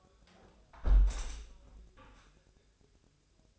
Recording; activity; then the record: daily activity, microphone in the room; close window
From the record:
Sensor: 2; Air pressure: 1014.8 hPa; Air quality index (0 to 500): 30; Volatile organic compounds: 1 ppm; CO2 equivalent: 530 ppm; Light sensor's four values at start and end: 8/19/8/8 and 8/19/8/8